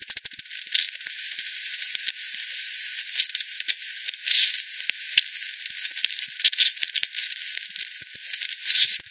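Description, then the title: Bat echolocation calls heard as rapid dry clicks and ticking bursts over a steady hiss. Multiple bats at Hogsmill River, Hogsmill Lane, 7 October 2020 at 18:10; frequency-divided by ten, bandpass filtered and resampled. "bat 20201007 T 18 : 10 Z-Hogsmill-Lane-Hogsmill-River-multiple-bats"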